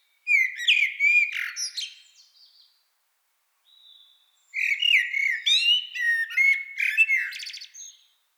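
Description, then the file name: Common blackbird singing rich fluted warbles that break into strained high twitters; a faint thin note sits in the gap before a longer, more varied phrase. "Turdus merula"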